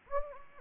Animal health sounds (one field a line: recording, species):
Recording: mosquito wingbeat signal from an infrared sensor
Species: Anopheles gambiae